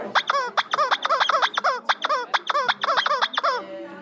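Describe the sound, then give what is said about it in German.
A squeaky rubber toy chicken screeches in a rapid run of about a dozen shrill, wavering squawks, loud and alone, ending in a drawn-out wheeze. “Und hier ist noch so eins, was besonders schön schreit.”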